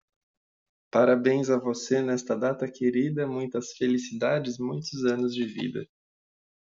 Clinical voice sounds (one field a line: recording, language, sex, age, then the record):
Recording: short text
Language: Brazilian Portuguese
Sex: male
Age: 30 to 39 years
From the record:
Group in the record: control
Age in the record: 33 years